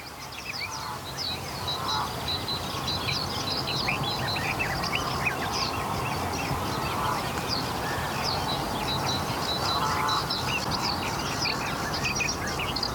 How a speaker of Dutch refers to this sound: Koolmees is nog aan het zingen, klopt dat? Ja.